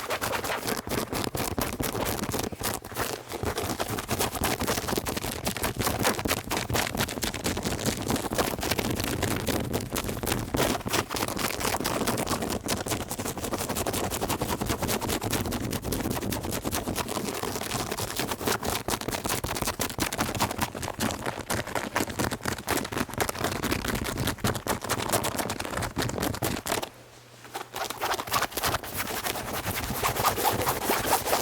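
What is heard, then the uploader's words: Fast, very aggressive scratching runs almost nonstop, a dense rapid stream of rough, bright strokes that stays loud and even. A steady low hum sits underneath. Near the 27-second mark the scratching cuts out briefly, then resumes at full intensity. ASMR Fast and Verrry Aggressive Scratching.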